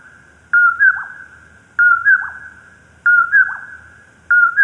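Common poorwill call: a level whistle then a rising slur and quick dropping note, heard four times at regular intervals of roughly 1.3 seconds against a quiet background.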